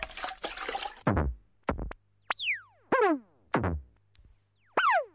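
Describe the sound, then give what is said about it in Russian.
A pump draws water up from a well through a tube, collecting 50 liters for water analysis: a brief hissing rush, then a string of loud, watery glugs and descending bloops that come in an uneven rhythm with short pauses between them. “Протяните ее до колодца, а мы включим насос и наберем нужное количество.”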